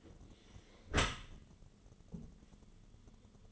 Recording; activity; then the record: daily activity, microphone in the room; close dishwasher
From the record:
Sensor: 4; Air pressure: 1015.8 hPa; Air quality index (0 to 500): 105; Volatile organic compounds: 2 ppm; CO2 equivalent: 1179 ppm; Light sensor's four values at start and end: 9/19/7/7 and 8/18/7/7